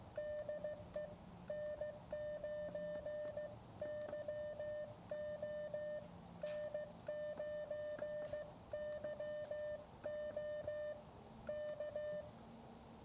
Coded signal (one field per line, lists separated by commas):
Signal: Morse code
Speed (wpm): 15 wpm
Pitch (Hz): 600 Hz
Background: none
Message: DE N9 YO N9 Y O K